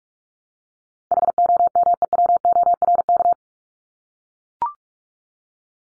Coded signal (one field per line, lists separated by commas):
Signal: Morse code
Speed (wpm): 44 wpm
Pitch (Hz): 700 Hz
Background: none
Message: HOMEWORK